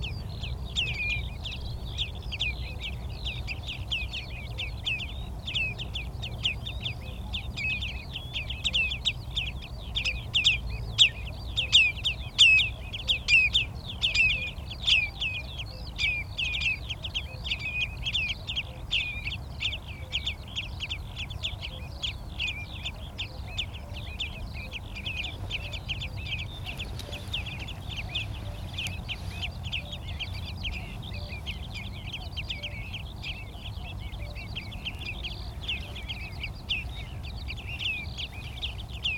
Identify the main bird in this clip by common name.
Common Redshank